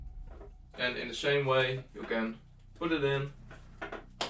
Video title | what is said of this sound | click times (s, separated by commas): Airsoft Top 3 Loadouts and Special Announcement ! | slide it up and it's locked into place | 4.2 s